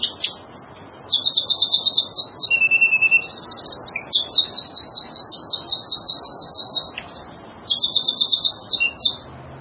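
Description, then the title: Bird song: high, rapid chattering trills and bright twittering phrases, loud and almost continuous, with brief gaps between bursts. "burung"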